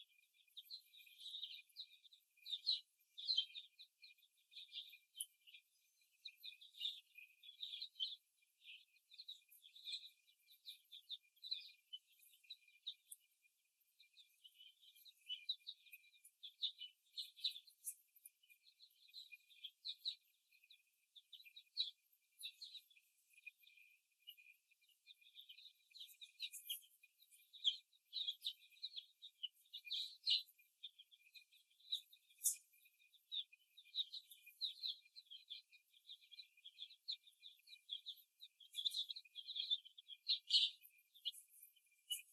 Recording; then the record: young laying hens in a cage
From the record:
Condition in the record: before the stressor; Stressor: simulated dog barking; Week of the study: 1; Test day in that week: 2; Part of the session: 3